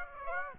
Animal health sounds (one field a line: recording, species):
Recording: mosquito wingbeat signal from an infrared sensor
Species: Aedes aegypti